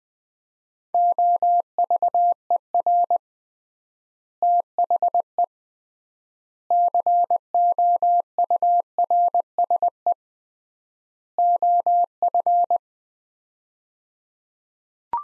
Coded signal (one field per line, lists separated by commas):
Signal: Morse code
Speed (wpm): 20 wpm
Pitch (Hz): 700 Hz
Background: none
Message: OVER THE COURSE OF